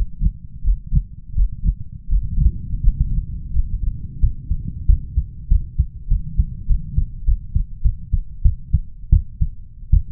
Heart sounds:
heart sounds by stethoscope; 90 bpm
0.62 s: heartbeat
1.33 s: heartbeat
2.07 s: heartbeat
2.80 s: heartbeat
3.51 s: heartbeat
4.19 s: heartbeat
4.85 s: heartbeat
5.47 s: heartbeat
6.07 s: heartbeat
6.66 s: heartbeat
7.24 s: heartbeat
7.81 s: heartbeat
8.42 s: heartbeat
9.09 s: heartbeat
9.90 s: heartbeat
From the record:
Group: healthy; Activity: breath hold 0-1 s, rest 1-10 s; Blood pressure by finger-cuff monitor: 124/90 mmHg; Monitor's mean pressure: 99 mmHg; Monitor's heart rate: 88 bpm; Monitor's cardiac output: 5.9 L/min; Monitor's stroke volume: 69 mL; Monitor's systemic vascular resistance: 1200 dyn s/cm5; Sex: male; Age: 21 years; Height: 180 cm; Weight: 67.5 kg

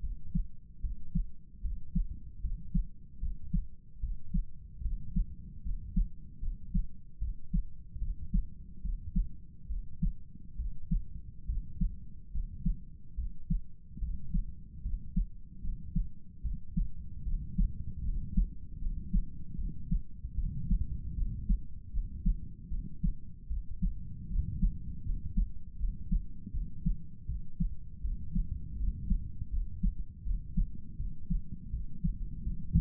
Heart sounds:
heart sounds by stethoscope; 76 bpm
0.01 s: heartbeat
0.81 s: heartbeat
1.62 s: heartbeat
2.41 s: heartbeat
3.20 s: heartbeat
4.00 s: heartbeat
4.82 s: heartbeat
5.63 s: heartbeat
6.40 s: heartbeat
7.19 s: heartbeat
7.99 s: heartbeat
8.82 s: heartbeat
9.68 s: heartbeat
10.57 s: heartbeat
11.46 s: heartbeat
12.32 s: heartbeat
13.15 s: heartbeat
13.99 s: heartbeat
14.82 s: heartbeat
15.61 s: heartbeat
16.42 s: heartbeat
17.24 s: heartbeat
18.03 s: heartbeat
18.79 s: heartbeat
19.56 s: heartbeat
20.35 s: heartbeat
21.15 s: heartbeat
21.91 s: heartbeat
22.69 s: heartbeat
23.48 s: heartbeat
24.28 s: heartbeat
25.04 s: heartbeat
25.78 s: heartbeat
26.52 s: heartbeat
27.26 s: heartbeat
28.02 s: heartbeat
28.78 s: heartbeat
29.50 s: heartbeat
30.24 s: heartbeat
30.97 s: heartbeat
31.71 s: heartbeat
32.44 s: heartbeat
From the record:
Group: healthy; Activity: rest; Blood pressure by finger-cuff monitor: 112/61 mmHg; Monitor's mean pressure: 75 mmHg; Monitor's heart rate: 75 bpm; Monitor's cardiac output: 7.4 L/min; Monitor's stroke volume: 101 mL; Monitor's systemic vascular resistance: 730 dyn s/cm5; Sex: male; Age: 35 years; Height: 180 cm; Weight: 86.9 kg

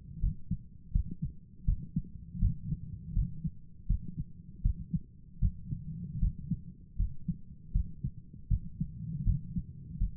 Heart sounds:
heart sounds by stethoscope; 80 bpm
0.19 s: heartbeat
0.91 s: heartbeat
1.64 s: heartbeat
2.38 s: heartbeat
3.12 s: heartbeat
3.86 s: heartbeat
4.61 s: heartbeat
5.39 s: heartbeat
6.19 s: heartbeat
6.96 s: heartbeat
7.71 s: heartbeat
8.47 s: heartbeat
9.23 s: heartbeat
9.98 s: heartbeat
From the record:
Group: healthy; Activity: rest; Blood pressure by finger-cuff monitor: 167/88 mmHg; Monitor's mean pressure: 106 mmHg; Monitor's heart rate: 80 bpm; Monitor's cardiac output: 8.1 L/min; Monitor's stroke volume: 100 mL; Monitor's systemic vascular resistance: 960 dyn s/cm5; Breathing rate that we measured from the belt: 19 breaths a minute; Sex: male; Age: 57 years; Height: 188 cm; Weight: 106 kg

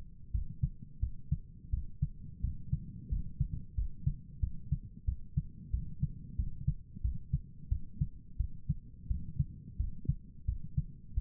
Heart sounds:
heart sounds by stethoscope; 89 bpm
0.31 s: heartbeat
1.00 s: heartbeat
1.70 s: heartbeat
2.41 s: heartbeat
3.09 s: heartbeat
3.75 s: heartbeat
4.40 s: heartbeat
5.05 s: heartbeat
5.71 s: heartbeat
6.36 s: heartbeat
7.01 s: heartbeat
7.69 s: heartbeat
8.37 s: heartbeat
9.07 s: heartbeat
9.77 s: heartbeat
10.45 s: heartbeat
11.14 s: heartbeat
From the record:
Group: healthy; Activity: rest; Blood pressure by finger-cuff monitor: 101/73 mmHg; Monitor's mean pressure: 81 mmHg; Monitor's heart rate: 88 bpm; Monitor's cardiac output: 6.9 L/min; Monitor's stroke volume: 78 mL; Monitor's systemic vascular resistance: 860 dyn s/cm5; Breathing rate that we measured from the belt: 18 breaths a minute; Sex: male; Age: 19 years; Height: 178 cm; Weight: 83 kg

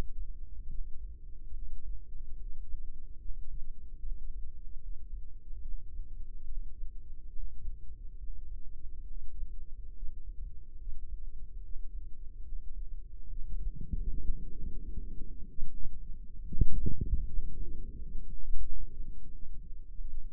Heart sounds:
heart sounds by microphone in the right ear; 74 bpm
0.65 s: heartbeat
1.49 s: heartbeat
2.33 s: heartbeat
3.15 s: heartbeat
3.96 s: heartbeat
4.77 s: heartbeat
5.59 s: heartbeat
6.42 s: heartbeat
7.28 s: heartbeat
8.15 s: heartbeat
9.02 s: heartbeat
9.88 s: heartbeat
10.73 s: heartbeat
11.57 s: heartbeat
12.40 s: heartbeat
13.22 s: heartbeat
14.04 s: heartbeat
14.88 s: heartbeat
15.69 s: heartbeat
16.47 s: heartbeat
17.22 s: heartbeat
17.93 s: heartbeat
18.60 s: heartbeat
19.30 s: heartbeat
20.05 s: heartbeat
From the record:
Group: healthy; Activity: Valsalva maneuver 0-13 s, rest 13-20 s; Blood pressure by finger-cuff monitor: 91/60 mmHg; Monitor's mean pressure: 72 mmHg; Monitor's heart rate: 72 bpm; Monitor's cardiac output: 5.6 L/min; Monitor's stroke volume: 79 mL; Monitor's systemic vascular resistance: 920 dyn s/cm5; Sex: female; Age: 26 years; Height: 165 cm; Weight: 55 kg

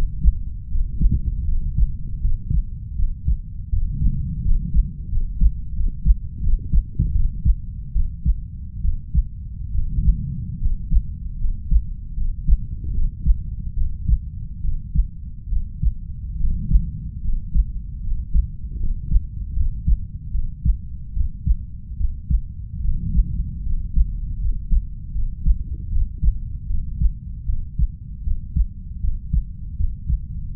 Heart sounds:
heart sounds by stethoscope; 76 bpm
0.67 s: heartbeat
1.44 s: heartbeat
2.20 s: heartbeat
2.95 s: heartbeat
3.69 s: heartbeat
4.41 s: heartbeat
5.08 s: heartbeat
5.72 s: heartbeat
6.39 s: heartbeat
7.12 s: heartbeat
7.92 s: heartbeat
8.81 s: heartbeat
9.70 s: heartbeat
10.58 s: heartbeat
11.37 s: heartbeat
12.13 s: heartbeat
12.91 s: heartbeat
13.73 s: heartbeat
14.60 s: heartbeat
15.48 s: heartbeat
16.36 s: heartbeat
17.20 s: heartbeat
18.00 s: heartbeat
18.76 s: heartbeat
19.53 s: heartbeat
20.31 s: heartbeat
21.12 s: heartbeat
21.96 s: heartbeat
22.80 s: heartbeat
23.62 s: heartbeat
24.38 s: heartbeat
25.11 s: heartbeat
25.88 s: heartbeat
26.66 s: heartbeat
27.45 s: heartbeat
28.23 s: heartbeat
29.00 s: heartbeat
29.76 s: heartbeat
30.52 s: heartbeat
From the record:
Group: healthy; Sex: female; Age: 32 years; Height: 168 cm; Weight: 61.9 kg

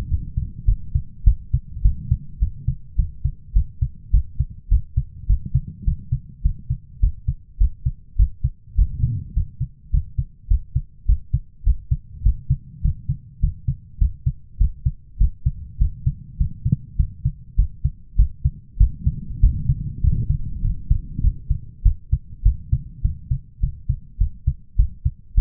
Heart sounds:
heart sounds by stethoscope; 102 bpm
0.09 s: heartbeat
0.66 s: heartbeat
1.24 s: heartbeat
1.82 s: heartbeat
2.39 s: heartbeat
2.96 s: heartbeat
3.53 s: heartbeat
4.11 s: heartbeat
4.69 s: heartbeat
5.27 s: heartbeat
5.85 s: heartbeat
6.43 s: heartbeat
7.00 s: heartbeat
7.58 s: heartbeat
8.16 s: heartbeat
8.75 s: heartbeat
9.34 s: heartbeat
9.91 s: heartbeat
10.48 s: heartbeat
11.06 s: heartbeat
11.64 s: heartbeat
12.23 s: heartbeat
12.82 s: heartbeat
13.40 s: heartbeat
13.98 s: heartbeat
14.58 s: heartbeat
15.18 s: heartbeat
15.78 s: heartbeat
16.37 s: heartbeat
16.96 s: heartbeat
17.56 s: heartbeat
18.16 s: heartbeat
18.77 s: heartbeat
19.40 s: heartbeat
20.01 s: heartbeat
20.62 s: heartbeat
21.21 s: heartbeat
21.83 s: heartbeat
22.43 s: heartbeat
23.02 s: heartbeat
23.60 s: heartbeat
24.18 s: heartbeat
24.76 s: heartbeat
25.35 s: heartbeat
From the record:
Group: healthy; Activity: cold pressor test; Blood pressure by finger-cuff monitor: 164/115 mmHg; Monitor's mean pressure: 128 mmHg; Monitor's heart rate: 103 bpm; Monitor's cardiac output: 7.9 L/min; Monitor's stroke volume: 76 mL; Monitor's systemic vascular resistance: 1220 dyn s/cm5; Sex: male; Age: 23 years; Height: 179 cm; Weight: 87 kg

